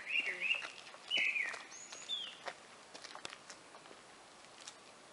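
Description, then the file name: Grey-winged blackbird, two rich whistled phrases followed by a thin high note, then faint crackling and background noise. "Grey-winged blackbird"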